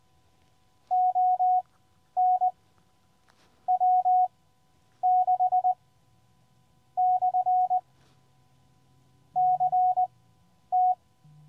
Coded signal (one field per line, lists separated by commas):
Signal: Morse code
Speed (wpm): 20 wpm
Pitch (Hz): 730 Hz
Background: none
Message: ON W6/CT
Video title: New Radio, New Adventure: Queens of the Mountains Activation with SOTA Cat (QCX Mini)